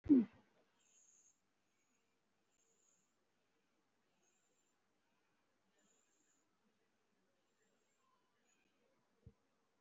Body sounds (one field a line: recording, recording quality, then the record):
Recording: deep breathing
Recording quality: moderate, slight background noise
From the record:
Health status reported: COVID-19 positive, mild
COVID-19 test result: positive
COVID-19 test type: RT-PCR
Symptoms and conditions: fever, loss of smell and taste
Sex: female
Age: 48 years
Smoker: no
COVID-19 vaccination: both doses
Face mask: worn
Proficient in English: yes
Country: India